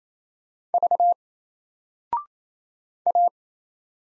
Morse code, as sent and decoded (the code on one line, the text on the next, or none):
...- / .-
V A